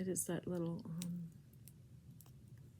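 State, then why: Seated. Someone talks during the first second and a half, then a snap-in clasp on a sterling silver piece of jewelry is closed. It gives two short, sharp clicks at about 1.7 and 2.2 seconds. The clasp snaps shut and is seated.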